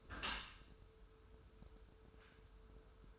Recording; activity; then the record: daily activity, microphone in the room; close dishwasher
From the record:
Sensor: 2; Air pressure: 1014.8 hPa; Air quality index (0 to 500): 26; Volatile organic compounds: 1 ppm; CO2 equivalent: 507 ppm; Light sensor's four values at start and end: 10/23/9/10 and 10/23/9/10